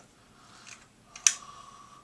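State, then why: Seated. A small backup battery is pushed into its holder in a Canon XL-1S video camcorder. A faint tick at about 1.2 s leads into a sharp snap at 1.3 s, and the battery seats good and tight.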